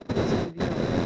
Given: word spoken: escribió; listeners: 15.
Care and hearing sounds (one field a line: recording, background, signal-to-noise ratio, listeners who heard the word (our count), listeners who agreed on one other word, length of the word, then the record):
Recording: one Spanish word in noise, from a listening test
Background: noise modulated by one talker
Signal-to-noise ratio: -12.1 dB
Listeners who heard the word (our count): 2 of 15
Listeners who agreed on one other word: 6 of 15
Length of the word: 0.66 s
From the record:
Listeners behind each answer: 6, 3, 2, 1, 1, 1, 1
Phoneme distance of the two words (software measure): 52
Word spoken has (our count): 3 syllables, 8 phonemes, stress on syllable 3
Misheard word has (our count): 3 syllables, 8 phonemes, stress on syllable 3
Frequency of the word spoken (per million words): 37.04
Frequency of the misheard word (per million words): 8.99